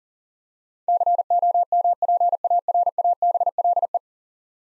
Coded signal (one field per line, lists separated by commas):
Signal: Morse code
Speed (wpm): 37 wpm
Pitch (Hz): 700 Hz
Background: none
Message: COMPARABLE